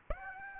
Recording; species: mosquito wingbeat signal from an infrared sensor; Aedes aegypti